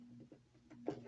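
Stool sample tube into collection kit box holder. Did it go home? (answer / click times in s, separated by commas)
no / none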